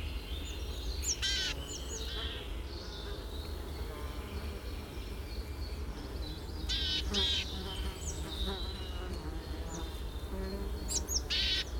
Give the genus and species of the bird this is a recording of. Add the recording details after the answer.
Poecile palustris. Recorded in the wild. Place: Leszno, Großpolen, PL. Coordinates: 51.842, 16.594. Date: 1987-07-15 07:22. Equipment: Nagra III BH, Sennheiser MD 21, parabola. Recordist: Schubert, Michael. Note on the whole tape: Rufe von Sumpfmeisen